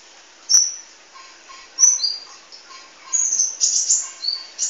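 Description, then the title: Oriental magpie-robin song: scattered loud whistled notes separated by pauses, then a denser run of rich phrases. "Kicau Kacer"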